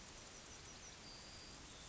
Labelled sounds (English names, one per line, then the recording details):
Yellowhammer song
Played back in forest
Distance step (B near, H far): H
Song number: 146